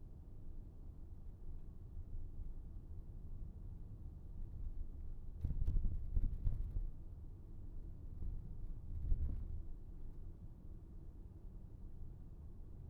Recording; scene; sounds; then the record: everyday scene through a hearing-aid microphone; in a vehicle; engine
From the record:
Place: VW T5 Caravelle, diesel engine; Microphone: behind the ear, right, front